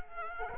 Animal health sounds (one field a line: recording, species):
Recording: mosquito wingbeat signal from an infrared sensor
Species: Culex quinquefasciatus